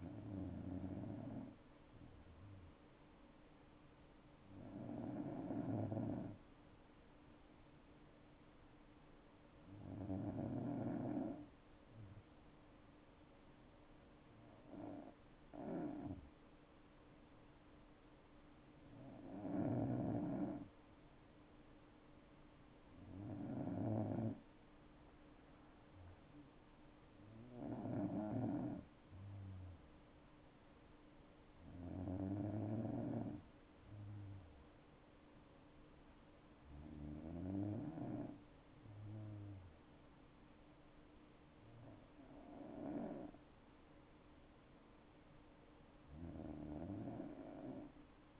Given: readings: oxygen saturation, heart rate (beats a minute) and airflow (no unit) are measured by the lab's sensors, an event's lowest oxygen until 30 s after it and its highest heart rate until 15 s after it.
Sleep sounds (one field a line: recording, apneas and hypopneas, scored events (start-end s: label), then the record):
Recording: breathing in sleep by a voice recorder at the bedside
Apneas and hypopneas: none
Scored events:
none scored
From the record:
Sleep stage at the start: N2 (light sleep)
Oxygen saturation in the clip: 94 to 96%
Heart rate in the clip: 61 to 71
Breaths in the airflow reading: 11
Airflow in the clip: -5.7 to 6.4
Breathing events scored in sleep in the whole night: 228 in 5.4 hours asleep